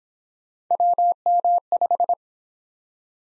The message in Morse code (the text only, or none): WM5